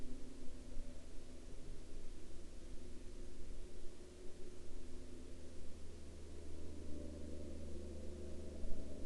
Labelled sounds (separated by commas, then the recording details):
aircraft
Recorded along the Dempster Highway, Canada, on 5 October 2020 at 18:44
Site 23